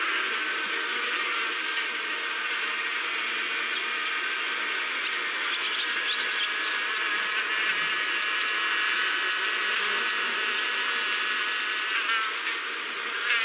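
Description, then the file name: Insects making a constant massed buzz, with scattered short high ticks flickering above the steady hum throughout. "Locals Insects"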